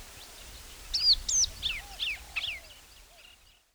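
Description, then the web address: Lark calls: a short burst of loud, sharp notes sweeping downward, five or so in quick succession, fading into softer faint chirps. "animal song-lark-call"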